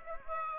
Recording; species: mosquito wingbeat signal from an infrared sensor; Aedes aegypti